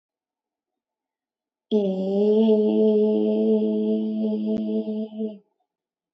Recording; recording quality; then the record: sustained vowel as in made; excellent, no background noise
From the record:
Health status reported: exposed to COVID-19, no respiratory illness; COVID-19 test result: negative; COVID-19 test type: RT-PCR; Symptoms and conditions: sore throat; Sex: female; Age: 22 years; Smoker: no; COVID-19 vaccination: one dose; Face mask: not worn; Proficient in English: yes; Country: India